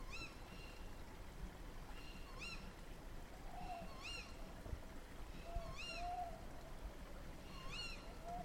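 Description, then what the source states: Owl calls: sharp, harmonic-rich yelps repeated about every two seconds, with a few lower, drawn-out tones between them. Several owls at night at the end of March.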